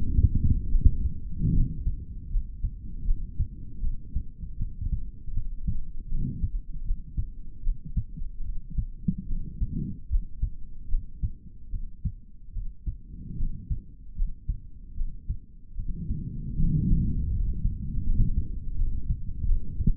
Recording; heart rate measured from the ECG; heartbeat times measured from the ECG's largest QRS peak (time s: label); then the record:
heart sounds by stethoscope; 77 bpm
0.69 s: heartbeat
1.51 s: heartbeat
2.28 s: heartbeat
3.04 s: heartbeat
3.80 s: heartbeat
4.57 s: heartbeat
5.32 s: heartbeat
6.08 s: heartbeat
6.84 s: heartbeat
7.62 s: heartbeat
8.43 s: heartbeat
9.27 s: heartbeat
10.09 s: heartbeat
10.88 s: heartbeat
11.70 s: heartbeat
12.53 s: heartbeat
13.36 s: heartbeat
14.15 s: heartbeat
14.95 s: heartbeat
15.75 s: heartbeat
16.55 s: heartbeat
17.30 s: heartbeat
18.03 s: heartbeat
18.75 s: heartbeat
19.44 s: heartbeat
From the record:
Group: healthy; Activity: rest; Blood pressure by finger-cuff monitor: 77/50 mmHg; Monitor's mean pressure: 61 mmHg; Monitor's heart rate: 76 bpm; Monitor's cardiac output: 4 L/min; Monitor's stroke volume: 53 mL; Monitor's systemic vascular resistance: 1020 dyn s/cm5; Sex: male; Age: 55 years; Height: 167 cm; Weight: 57.2 kg